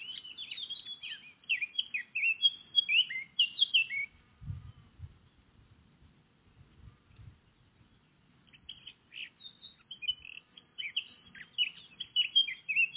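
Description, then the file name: Eurasian blackcap song: a rapid, varied warbling phrase of about four seconds, a pause with a few low thuds, then another long, busy warbled phrase. "Sylvia atricapilla"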